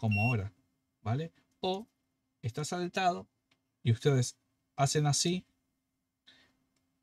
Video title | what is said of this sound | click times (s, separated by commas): Freidora Industrial: ¿No Calienta o Quema el Aceite? 🔥 Los 2 Termostatos CLAVE (Trabajo y Seguridad) | pero no escuchan bien el click, el típico click, | 6.3 s